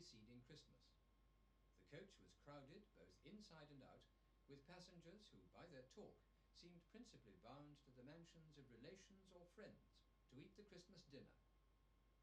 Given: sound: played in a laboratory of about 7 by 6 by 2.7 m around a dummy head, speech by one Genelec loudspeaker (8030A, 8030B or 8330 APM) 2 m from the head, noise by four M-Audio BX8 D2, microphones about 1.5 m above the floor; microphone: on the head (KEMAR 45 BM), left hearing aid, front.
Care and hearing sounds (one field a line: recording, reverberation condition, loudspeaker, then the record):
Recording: male speech in English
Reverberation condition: low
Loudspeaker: 30 degrees to the right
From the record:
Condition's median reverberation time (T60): about 310 ms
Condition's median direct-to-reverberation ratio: about 3.5 dB